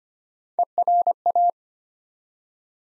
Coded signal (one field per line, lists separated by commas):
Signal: Morse code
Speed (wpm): 25 wpm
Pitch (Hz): 700 Hz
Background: none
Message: ERA